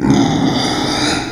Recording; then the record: squeal of a Yucatan mini pig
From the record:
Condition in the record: before surgery on the right vocal fold (resection and tissue-engineered implant); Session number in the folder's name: 2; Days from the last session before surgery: -15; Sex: female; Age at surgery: 19 weeks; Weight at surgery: 25 kg